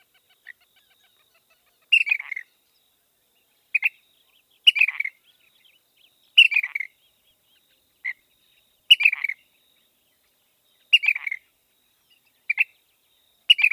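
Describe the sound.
Ash-throated flycatcher repeating harsh, burry call notes roughly every one to two seconds, mixing longer rolled phrases with short single notes, against silence.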